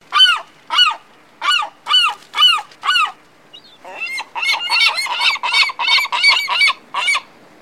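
Gull calls: harsh, nasal, arching cries repeated about every half second, then a faster, denser run of cries.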